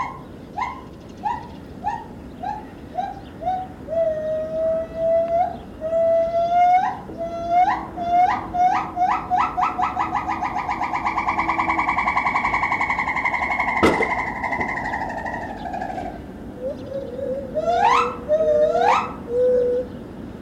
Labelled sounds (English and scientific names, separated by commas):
Borneo Gibbon (Hylobates muelleri)